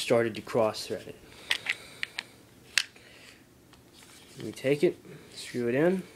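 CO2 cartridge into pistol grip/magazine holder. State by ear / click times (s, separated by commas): not seated / none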